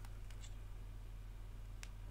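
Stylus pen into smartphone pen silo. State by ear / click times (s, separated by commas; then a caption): not seated / none. A plastic stylus pen is pushed back into its silo in a Samsung Galaxy Note 8 smartphone, over a steady low hum. Faint ticks come at 0.1 s and 0.3 s, and a sharper tick at 1.8 s. The stylus has not clicked into its slot, because it was not pushed in firmly enough.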